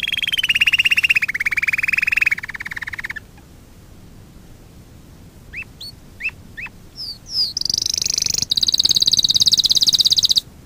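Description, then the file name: Domestic canary song: a fast buzzy trill, a pause, then sharp rising chirps, swooping whistles and a high rapid rattling trill. Fife canary. "kenari-fife-v 2-omkicau"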